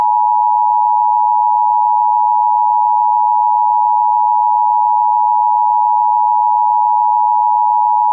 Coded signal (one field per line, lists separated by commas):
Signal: Emergency Alert System (SAME) tones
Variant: 853 and 960 Hz attention tone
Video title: Eas